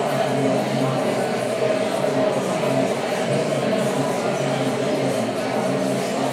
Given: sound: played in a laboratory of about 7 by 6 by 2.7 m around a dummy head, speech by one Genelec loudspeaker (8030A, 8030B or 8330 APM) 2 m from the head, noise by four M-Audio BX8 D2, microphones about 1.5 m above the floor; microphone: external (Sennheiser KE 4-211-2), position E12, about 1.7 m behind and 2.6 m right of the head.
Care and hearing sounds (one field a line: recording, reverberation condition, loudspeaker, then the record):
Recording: babble noise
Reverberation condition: high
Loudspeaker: four, about 170 cm from the corners of the room and facing them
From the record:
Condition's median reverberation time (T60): about 1300 ms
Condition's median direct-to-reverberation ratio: about -4.0 dB